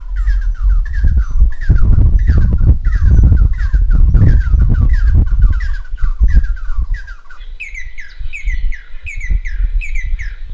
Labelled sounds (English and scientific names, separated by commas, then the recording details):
Red-and-yellow Barbet (Trachyphonus erythrocephalus)
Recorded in northern Uganda